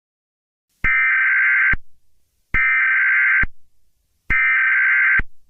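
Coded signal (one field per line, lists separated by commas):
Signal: Emergency Alert System (SAME) tones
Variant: header bursts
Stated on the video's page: Fictional Christmas-themed EAS scenario, not a real alert.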